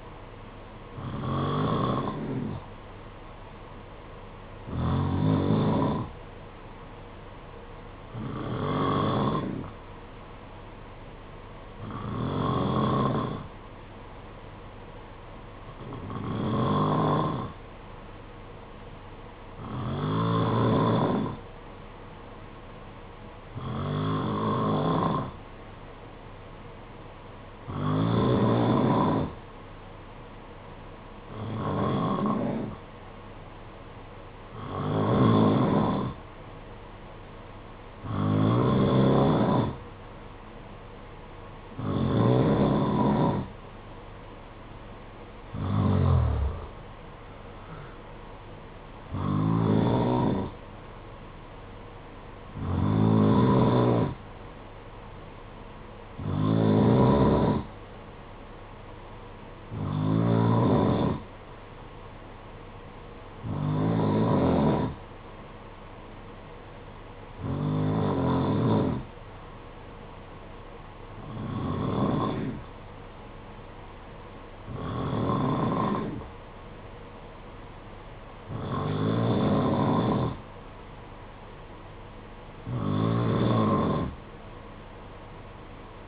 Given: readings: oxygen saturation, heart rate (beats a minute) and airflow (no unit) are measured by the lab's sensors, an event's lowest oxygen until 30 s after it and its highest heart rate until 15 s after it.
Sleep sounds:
breathing in sleep by a voice recorder at the bedside; 1
3.00-38.90 s: hypopnea (N1, oxygen 93% highest, then 89% lowest, heart rate 56 at the start, 63 highest)
11.00-41.00 s: new sleep stage, N2 (light sleep)
41.00-71.00 s: new sleep stage, N1 (lightest sleep)
71.00-86.08 s: new sleep stage, N2 (light sleep)
From the record:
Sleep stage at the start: N1 (lightest sleep); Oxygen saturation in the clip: 88 to 93%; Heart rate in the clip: 53 to 63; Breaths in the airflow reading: 23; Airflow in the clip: -5.7 to 6.2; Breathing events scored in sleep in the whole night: 476 in 9.7 hours asleep

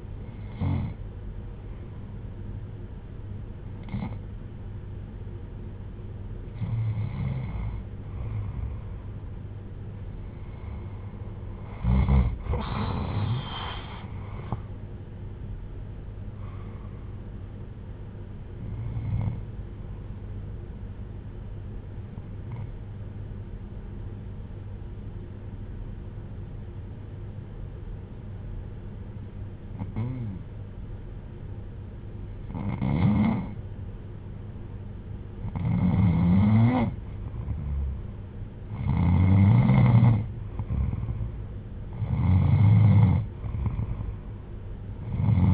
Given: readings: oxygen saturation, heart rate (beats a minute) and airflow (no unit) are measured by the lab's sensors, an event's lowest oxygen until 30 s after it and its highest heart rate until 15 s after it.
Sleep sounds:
breathing in sleep by a smartphone at the bedside; 1
11.00-41.00 s: new sleep stage, N1 (lightest sleep)
24.00-40.00 s: hypopnea (N1, oxygen 96% highest, then 91% lowest, heart rate 63 at the start, 63 highest)
41.00-45.54 s: new sleep stage, N2 (light sleep)
From the record:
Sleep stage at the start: N2 (light sleep); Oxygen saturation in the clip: 93 to 96%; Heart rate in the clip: 59 to 73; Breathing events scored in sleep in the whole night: 310 in 8.1 hours asleep

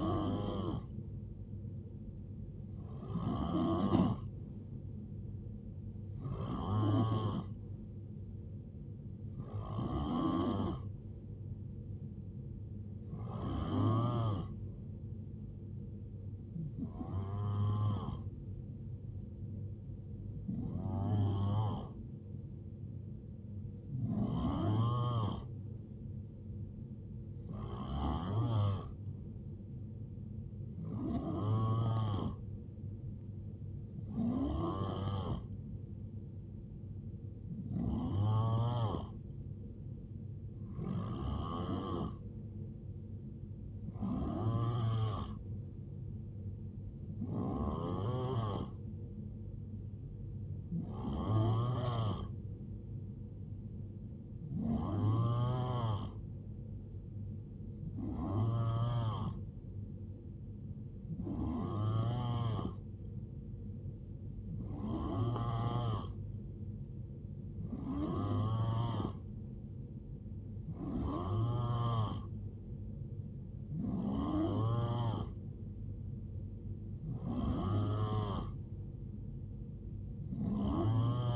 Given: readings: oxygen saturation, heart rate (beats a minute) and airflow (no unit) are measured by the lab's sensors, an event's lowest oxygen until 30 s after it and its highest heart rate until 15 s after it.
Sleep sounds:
breathing in sleep by a smartphone at the bedside; none
none scored
From the record:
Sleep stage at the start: N3 (deep sleep); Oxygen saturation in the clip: 90 to 92%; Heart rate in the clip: 69 to 78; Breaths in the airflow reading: 24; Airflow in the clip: -9.1 to 5.0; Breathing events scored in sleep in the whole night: 389 in 6.3 hours asleep

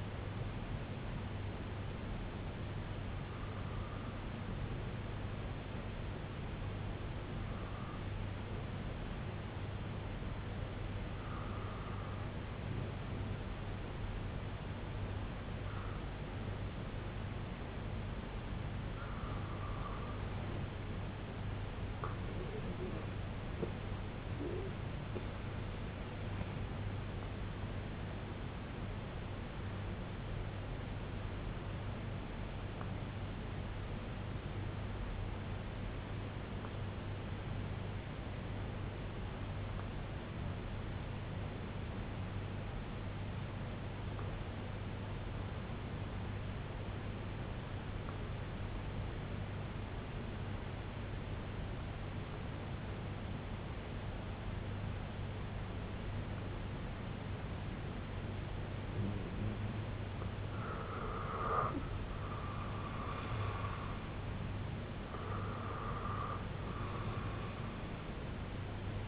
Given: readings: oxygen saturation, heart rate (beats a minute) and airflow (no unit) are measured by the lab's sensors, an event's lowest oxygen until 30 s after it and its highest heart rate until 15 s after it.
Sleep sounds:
breathing in sleep by a voice recorder at the bedside; 2
8.00-24.40 s: hypopnea (N2, oxygen 94% highest, then 93% lowest, heart rate 67 at the start, 82 highest)
27.00-62.20 s: hypopnea (N2, oxygen 95% highest, then 87% lowest, heart rate 82 at the start, 82 highest)
36.00-66.00 s: new sleep stage, N1 (lightest sleep)
66.00-69.08 s: new sleep stage, N2 (light sleep)
From the record:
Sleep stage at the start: N2 (light sleep); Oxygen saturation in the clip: 88 to 95%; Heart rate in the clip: 59 to 82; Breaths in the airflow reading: 15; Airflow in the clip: -12.3 to 8.9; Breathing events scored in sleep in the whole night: 258 in 7.4 hours asleep

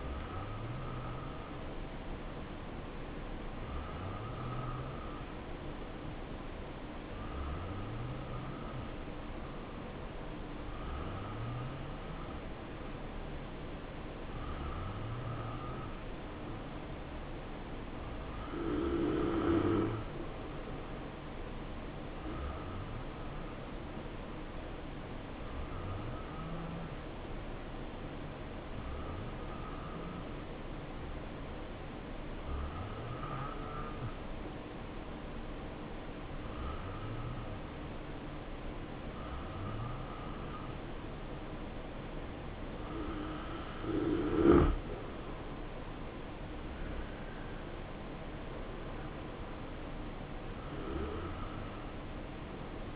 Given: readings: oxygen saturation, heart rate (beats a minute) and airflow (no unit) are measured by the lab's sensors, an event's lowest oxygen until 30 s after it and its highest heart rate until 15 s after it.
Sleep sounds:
breathing in sleep by a voice recorder at the bedside; 1
21.00-43.50 s: hypopnea (N2, oxygen 89% highest, then 87% lowest, heart rate 66 at the start, 73 highest)
34.00-52.96 s: new sleep stage, N1 (lightest sleep)
From the record:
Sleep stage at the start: N2 (light sleep); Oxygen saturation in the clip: 87 to 90%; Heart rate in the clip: 63 to 73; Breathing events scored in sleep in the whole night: 277 in 7.4 hours asleep

